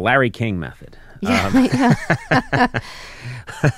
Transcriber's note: laughter